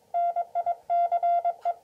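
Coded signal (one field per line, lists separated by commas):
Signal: Morse code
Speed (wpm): 21 wpm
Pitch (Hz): 690 Hz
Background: none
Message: NICE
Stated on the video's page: Morse received on a short 25 ft portable 8-band doublet antenna erected only 4 m above ground.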